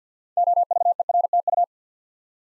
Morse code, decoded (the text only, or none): OVERTU